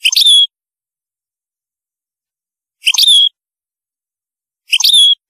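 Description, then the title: European goldfinch giving three brief, bright twittering phrases, each ending in a clear slurred note. "Chant Chardonneret"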